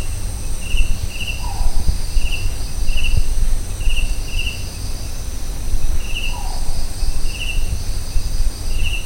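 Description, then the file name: Collared scops owl calling with two brief falling hoots roughly five seconds apart, set against continuous rhythmic cricket-like chirping and a high insect drone. Recorded at Kaziranga. "collared scops owl Otus lettia, Kaziranga"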